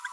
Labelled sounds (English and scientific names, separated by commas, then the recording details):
Green-rumped Parrotlet (Forpus passerinus) babbling
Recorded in a nest box in Venezuela
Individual 18B25A4